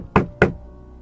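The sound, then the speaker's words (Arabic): Two sharp, loud knocks on bathroom doors in quick succession, like someone walking quickly and knocking on one door after another, each a solid thud with a brief ring after, and then quiet. No one speaks. “وأول ما بدأ في الاستحمام سمع خبطات متتالية على أبواب الحمامات بالتوالي، وكأن في حد ماشي بسرعة بيخبط على أبواب الحمامات باب ورا التاني.”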